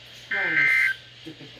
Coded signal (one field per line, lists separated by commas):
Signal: Emergency Alert System (SAME) tones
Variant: end-of-message bursts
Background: speech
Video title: never underestimate a marginal (eas alerts from June 5 2024)